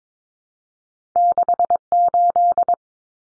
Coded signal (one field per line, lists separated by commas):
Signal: Morse code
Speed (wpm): 22 wpm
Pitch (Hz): 700 Hz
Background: none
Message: 68